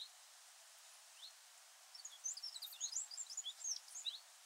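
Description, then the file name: Eurasian wren calling: a rapid burst of very high, sharp, varied chirps and short trills lasting about two seconds, with an earlier short note and steady background hiss. "Troglodytes troglodytes"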